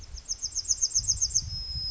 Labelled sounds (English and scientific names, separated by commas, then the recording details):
Yellowhammer (Emberiza citrinella) song
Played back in forest
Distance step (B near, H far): D
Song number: 017